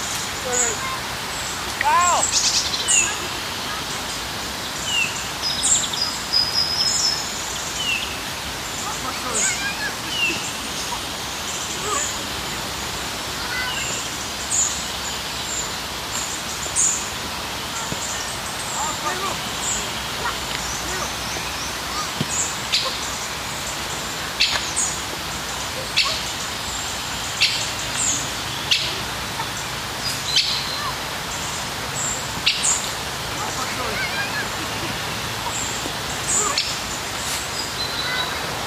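Outdoors in a park, a steady hiss of background noise carries scattered bird chirps and calls throughout. Brief clicks and taps pop up every few seconds, and faint voices seem to murmur underneath, with a low hum appearing near the end.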